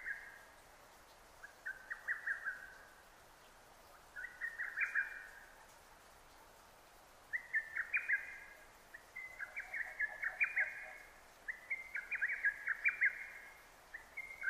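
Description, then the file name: Lesser cuckoo singing rapid, staccato phrases of sharp notes, repeated with short pauses. Recorded 6 June 2009; Japanese name hototogisu. "hototogisu 20090606"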